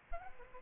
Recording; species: mosquito wingbeat signal from an infrared sensor; Aedes aegypti